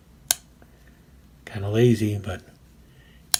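The small folding blade of a CRKT Triple Play multitool closes into the handle and snaps shut with a sharp click at 0.3 s, seating fully. Someone then talks briefly, and another sharp click follows at about 3.3 s.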